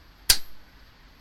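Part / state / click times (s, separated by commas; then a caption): decompressor lever on a motorcycle engine / released / 0.3 s. A motorcycle engine's decompressor lever is pressed further down until its mechanism clicks and releases. A single sharp, bright click sounds at 0.3 s against quiet background noise, with a brief fading tail. The lever has released.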